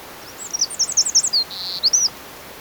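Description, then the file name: Eurasian wren burst of fast, high squeaky notes leading into a short buzzy trill, then a few more tumbling high slurs. "Troglodytes troglodytes"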